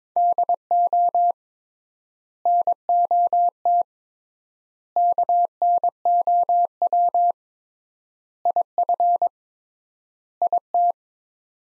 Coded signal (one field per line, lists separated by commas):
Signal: Morse code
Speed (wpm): 22 wpm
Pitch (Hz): 700 Hz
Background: none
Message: DO NOT KNOW IF IT